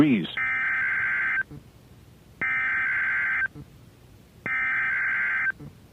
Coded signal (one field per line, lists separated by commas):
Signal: Emergency Alert System (SAME) tones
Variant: header bursts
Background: speech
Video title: EAS #2,970-2,972 Earth Day Required Weekly Tests